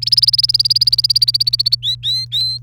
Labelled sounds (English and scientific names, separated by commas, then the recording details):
Domestic Canary (Serinus canaria) song
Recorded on 29 April 2018 at 11:52
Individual llb3